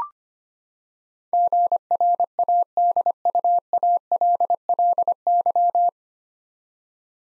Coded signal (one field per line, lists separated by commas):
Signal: Morse code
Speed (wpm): 25 wpm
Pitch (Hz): 700 Hz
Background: none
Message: GRADUALLY